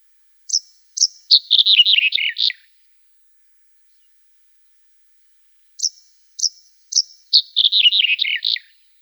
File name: Ovsjanka zhelchnaja